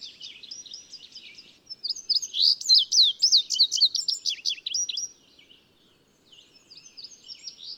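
Bird song: rapid, high-pitched chirps and twittering notes in a dense burst, louder in the middle, then a pause and softer chirping resumes.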